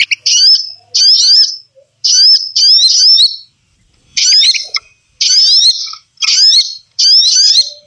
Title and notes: Suara Burung Bandel Yang Susah Mendekati. Kompilasi Suara Pikat Burung